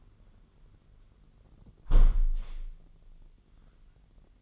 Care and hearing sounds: daily activity, microphone in the room; close window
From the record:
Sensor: 4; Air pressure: 999.4 hPa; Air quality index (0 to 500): 139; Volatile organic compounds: 3 ppm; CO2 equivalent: 1374 ppm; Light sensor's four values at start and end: 23/57/23/26 and 23/56/23/25

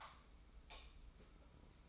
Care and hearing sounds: daily activity, microphone in the room; light off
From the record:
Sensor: 1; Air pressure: 991.0 hPa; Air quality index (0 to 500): 108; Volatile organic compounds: 95 ppm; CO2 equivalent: 3723 ppm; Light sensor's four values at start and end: 26/66/27/29 and 23/51/22/24

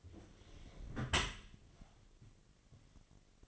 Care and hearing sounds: daily activity, microphone in the room; close dishwasher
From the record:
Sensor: 4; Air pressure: 1007.6 hPa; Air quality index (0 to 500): 199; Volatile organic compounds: 7 ppm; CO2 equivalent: 1986 ppm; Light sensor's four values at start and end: 22/70/27/26 and 23/72/27/26

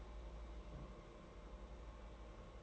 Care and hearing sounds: daily activity, microphone in the room; place on stove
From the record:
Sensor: 3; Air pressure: 992.0 hPa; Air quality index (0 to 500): 227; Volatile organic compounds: 1000 ppm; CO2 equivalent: 7817 ppm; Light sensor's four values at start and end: 25/74/30/25 and 25/74/30/25

